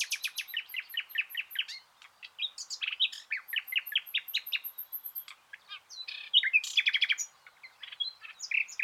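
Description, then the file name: Common nightingale song of rapid repeated chips and twittering phrases, with very high thin notes repeated in a series above, lively. "Luscinia megarhynchos"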